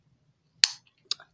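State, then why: Seated. A second plastic caster wheel is pushed into the base of an EnergySmary space heater and seats with a loud, sharp snap at 0.6 s. A second, quieter snap follows at 1.1 s as the wheel locks in place.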